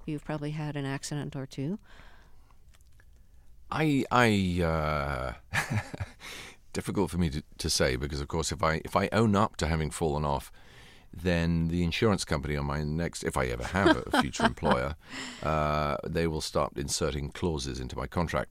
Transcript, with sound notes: You've probably had an accident or two.
I...
(SOUNDBITE OF LAUGHTER)
Difficult for me to say, because of course if I own up to haven fallen off, then the insurance company on my next - if I ever have a future employer...
(SOUNDBITE OF LAUGHTER)
...they will start inserting clauses into my contract.